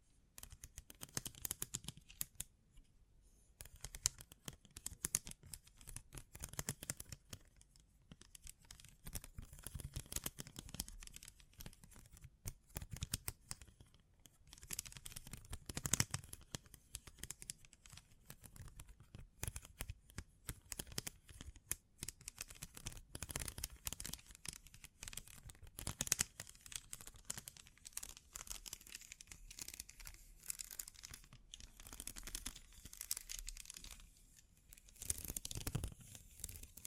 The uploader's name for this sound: Bling Bling Triggers